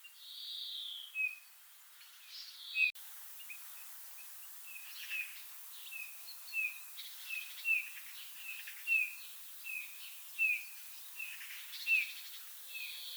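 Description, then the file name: Eurasian bullfinch calling with soft, piping whistled notes, each slightly falling, repeated roughly every second and a half against a constant background hiss. "Pyrrhula pyrrhula"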